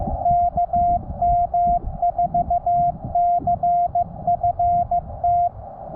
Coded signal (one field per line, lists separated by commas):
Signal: Morse code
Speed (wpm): 15 wpm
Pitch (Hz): 700 Hz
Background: none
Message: KM4CFT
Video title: CW Newbie's 1 year POTA Anniversary